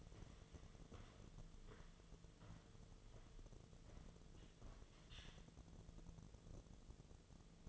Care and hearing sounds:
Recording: daily activity, microphone in the room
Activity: walk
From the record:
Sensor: 4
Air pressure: 1006.2 hPa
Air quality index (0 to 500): 89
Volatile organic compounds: 2 ppm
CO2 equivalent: 1109 ppm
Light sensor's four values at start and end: 12/27/11/10 and 12/28/11/10

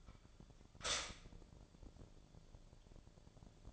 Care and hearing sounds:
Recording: daily activity, microphone in the room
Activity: stop toaster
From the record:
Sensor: 5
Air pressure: 1000.3 hPa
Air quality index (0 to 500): 126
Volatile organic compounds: 2 ppm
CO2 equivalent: 996 ppm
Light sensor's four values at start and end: 85/200/85/92 and 85/200/85/92

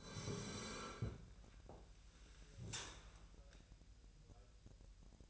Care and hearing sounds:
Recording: daily activity, microphone in the room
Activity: sit down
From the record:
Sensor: 2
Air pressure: 1001.5 hPa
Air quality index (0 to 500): 243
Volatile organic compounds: 77 ppm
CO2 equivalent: 3583 ppm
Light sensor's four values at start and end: 10/24/10/11 and 11/27/11/12

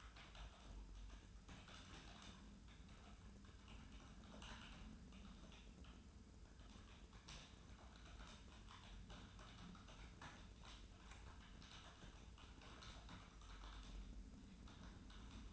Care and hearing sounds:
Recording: daily activity, microphone in the room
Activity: typing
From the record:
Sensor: 2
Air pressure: 994.3 hPa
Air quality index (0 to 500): 210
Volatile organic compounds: 1000 ppm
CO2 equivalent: 6917 ppm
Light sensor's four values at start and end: 54/125/53/55 and 53/123/53/54

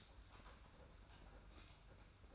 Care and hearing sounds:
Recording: daily activity, microphone in the room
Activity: typing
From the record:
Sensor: 2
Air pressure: 991.6 hPa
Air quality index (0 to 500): 193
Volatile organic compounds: 1000 ppm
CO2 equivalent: 6348 ppm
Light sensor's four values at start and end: 27/84/33/31 and 27/84/33/31

